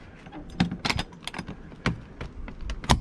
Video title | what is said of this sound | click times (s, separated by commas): Jayco camper. How to set up. Ep16 | locks up into place | 2.9 s